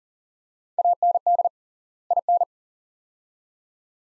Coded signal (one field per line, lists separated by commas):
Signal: Morse code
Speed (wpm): 40 wpm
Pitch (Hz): 700 Hz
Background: none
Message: AND IN